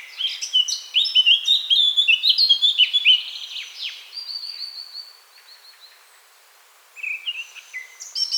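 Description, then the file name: Eurasian blackcap song: a fast, rich warbling phrase of varied chirps and whistles for a few seconds, then quieter notes and a new burst near the end. "Sylvia atricapilla"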